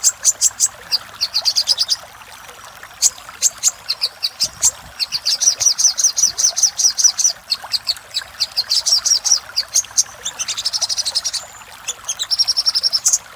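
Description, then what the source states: Little spiderhunter song: repeated runs of shrill, rapid chips separated by short pauses, with a faint low thump partway through. Master recording used for training cage birds.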